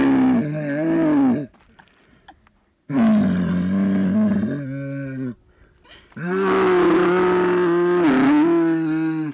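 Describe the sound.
Camel calling with three long, loud, harsh groaning bellows separated by brief pauses.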